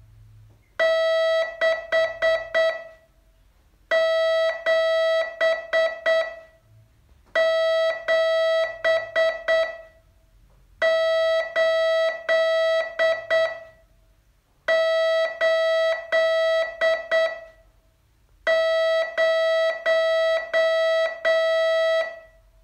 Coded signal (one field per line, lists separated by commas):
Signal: Morse code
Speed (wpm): 8 wpm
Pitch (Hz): 650 Hz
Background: none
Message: 6 7 7 8 8 0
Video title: Learn Morse in 42 Days from VU2LAU - day 32